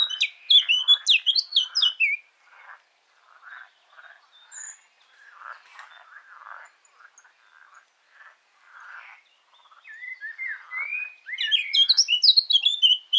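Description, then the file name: Eurasian blackcap song: a loud, fast warbled phrase of clear fluty notes opens, soft scratchy chattering follows for several seconds, then another bright warbling burst closes. "Sylvia atricapilla"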